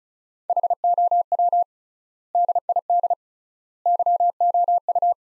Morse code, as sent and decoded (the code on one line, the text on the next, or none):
.... --- .-- / -.. .. -.. / -.-- --- ..-
HOW DID YOU